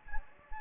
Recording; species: mosquito wingbeat signal from an infrared sensor; Anopheles gambiae